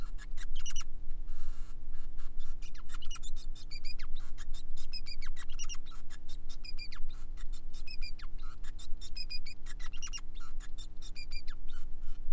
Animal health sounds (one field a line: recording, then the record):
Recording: song of a male Bengalese finch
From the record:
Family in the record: son of father 5